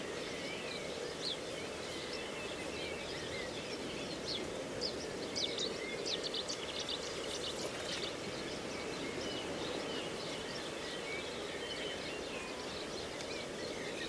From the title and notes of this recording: A mosaic of sounds recorded in a reedbed at Slapton Ley National Nature Reserve, Devon, UK. The sounds were recorded at dawn on three days in May 2023.